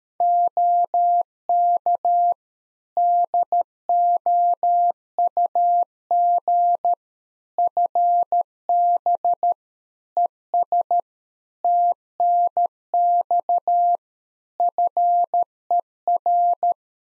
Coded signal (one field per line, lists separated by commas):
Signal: Morse code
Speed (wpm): 13 wpm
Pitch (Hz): 700 Hz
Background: none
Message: OK DOUG FB ES TNX FER